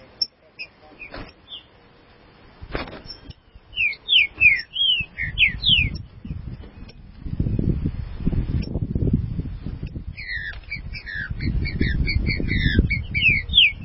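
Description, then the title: Green-winged saltator song: slurred whistled notes, several falling and rising, in loose phrases over a strong low rumbling noise that grows through the second half. "Trinca Ferro"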